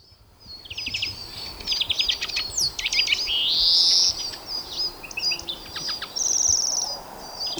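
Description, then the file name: European greenfinch twittering song: rapid high buzzy trills and chirps, with one long, drawn-out rising wheeze in the middle, over a steady soft background hiss. "Chloris chloris"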